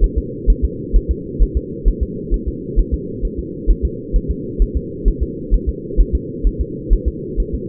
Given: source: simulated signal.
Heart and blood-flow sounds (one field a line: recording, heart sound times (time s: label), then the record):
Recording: fetal heart sounds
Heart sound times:
0.04 s: S1
0.18 s: S2
0.50 s: S1
0.65 s: S2
0.96 s: S1
1.11 s: S2
1.42 s: S1
1.57 s: S2
1.88 s: S1
2.03 s: S2
2.34 s: S1
2.48 s: S2
2.79 s: S1
2.94 s: S2
3.25 s: S1
3.39 s: S2
3.70 s: S1
3.85 s: S2
4.16 s: S1
4.31 s: S2
4.62 s: S1
4.77 s: S2
5.08 s: S1
5.23 s: S2
5.54 s: S1
5.69 s: S2
6.00 s: S1
6.15 s: S2
6.47 s: S1
6.61 s: S2
6.93 s: S1
7.08 s: S2
7.40 s: S1
7.54 s: S2
From the record:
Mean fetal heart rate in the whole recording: 130 bpm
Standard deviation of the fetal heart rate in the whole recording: 2 bpm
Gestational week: 36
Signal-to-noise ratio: -4.1 dB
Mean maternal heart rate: no maternal heart sound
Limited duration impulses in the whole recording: absent